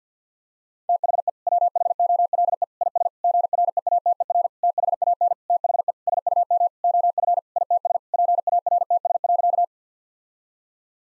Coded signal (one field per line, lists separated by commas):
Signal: Morse code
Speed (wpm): 50 wpm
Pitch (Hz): 700 Hz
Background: none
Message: THE WHOLE IS GREATER THAN THE SUM OF ITS PARTS.